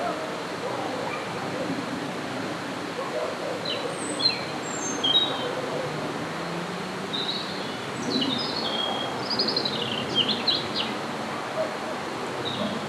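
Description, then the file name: European robin singing sparse, high tinkling phrases separated by pauses, against a constant low background hiss and rumble. "rouge gorge"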